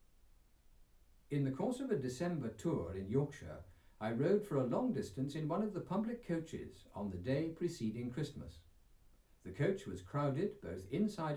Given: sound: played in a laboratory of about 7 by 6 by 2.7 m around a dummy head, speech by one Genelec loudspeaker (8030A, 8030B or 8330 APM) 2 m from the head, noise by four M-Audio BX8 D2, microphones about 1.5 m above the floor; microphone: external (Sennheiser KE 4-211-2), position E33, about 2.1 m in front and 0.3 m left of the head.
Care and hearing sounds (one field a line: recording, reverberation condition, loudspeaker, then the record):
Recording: male speech in English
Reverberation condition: low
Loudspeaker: 120 degrees to the right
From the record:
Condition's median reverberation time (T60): about 310 ms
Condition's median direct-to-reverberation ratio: about 3.5 dB